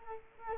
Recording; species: mosquito wingbeat signal from an infrared sensor; Culex quinquefasciatus